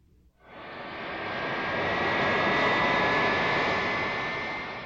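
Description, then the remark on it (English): A Boeing jet airliner's engines roar in, swelling quickly into a loud, steady rushing drone with a thin high whine running through it, then easing slightly at the end. No one speaks. “This is a plane. It's a Boeing.”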